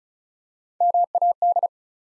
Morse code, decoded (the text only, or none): MAD